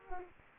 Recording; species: mosquito wingbeat signal from an infrared sensor; Culex quinquefasciatus